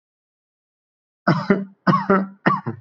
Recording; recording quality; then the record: shallow voluntary cough; excellent, no background noise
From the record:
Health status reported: healthy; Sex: male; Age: 25 years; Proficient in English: yes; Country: India